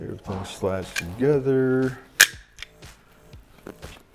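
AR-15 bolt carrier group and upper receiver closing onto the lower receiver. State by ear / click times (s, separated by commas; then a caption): seated / 2.2 s. Someone talks while an AR-15's bolt carrier group and charging handle, already slid back into the upper receiver, are closed onto the lower receiver. A sharp, loud click at 2.2 s is followed by a few faint knocks. The upper and lower receivers click back together and are seated, sounding the way they should.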